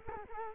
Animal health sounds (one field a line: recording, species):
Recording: mosquito wingbeat signal from an infrared sensor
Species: Culex quinquefasciatus